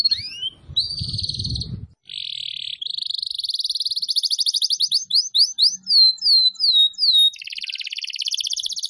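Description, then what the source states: Atlantic canary singing long rolling trills that shift into a series of quick descending slurred notes, then another rapid buzzy trill, almost without pause. Canary, called kenari, recording used as a lure for bird-trapping (pikat).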